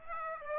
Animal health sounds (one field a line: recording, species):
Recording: mosquito wingbeat signal from an infrared sensor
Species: Aedes aegypti